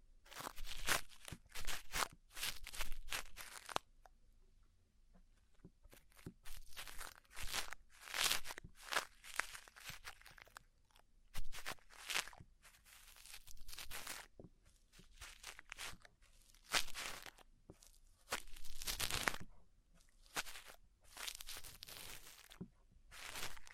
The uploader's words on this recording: ASMR Deep Ear Cleaning Session. (No Talking).